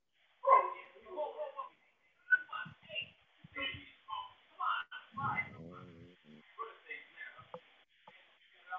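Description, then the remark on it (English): Several dogs bark and yip in quick, uneven bursts, with higher whiny yelps mixed in, while a person talks over the noise. “I hear some dogs jumping in the background.”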